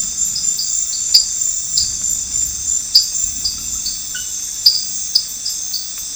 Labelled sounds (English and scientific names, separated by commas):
none